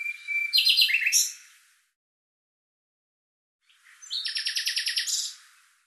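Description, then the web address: Bird with two phrases: a varied scratchy burst of high notes, then after a silence a fast, even trill of repeated chirps. "cianscape birddata Deverinetal 2025 Bird Lu Me Lu Me"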